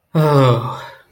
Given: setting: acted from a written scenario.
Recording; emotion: vocal sound without words; relief